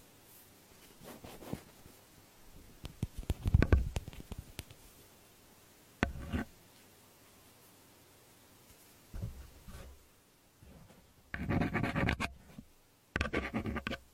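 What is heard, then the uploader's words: An earpick scrapes and rubs in short bursts, with quiet gaps between them. A dense, crackly scratching cluster comes around four seconds, then a sharp scrape at six and rough rasping strokes near nine, eleven to twelve, and thirteen seconds. Earpick to help you remove earwax.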